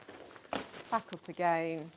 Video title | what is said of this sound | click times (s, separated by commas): Sewing Street 12/01/2025 | and um click into place there we go there we go and then | 0.6 s